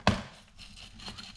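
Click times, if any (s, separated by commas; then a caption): 0.1 s. A spring-loaded captive screw holding the CPU heatsink in a Dell laptop is unscrewed and clicks free with one sharp, bright click at 0.1 s. Only faint, low handling noise follows, and the screw is released.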